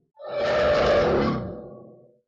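A single deep, rumbling roar from a mysterious monstrous beast swells quickly, holds with a rough growling texture for about a second, then slowly fades out. No speech.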